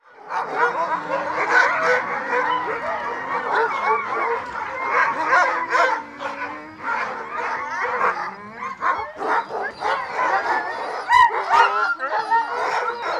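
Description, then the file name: Dogs barking in a dense chorus, many overlapping yaps and yelps with whining howls weaving underneath, continuous throughout with no pause. A pack of dogs barking. "Digiffects Sound Effects Library - Pack of Dogs Barking"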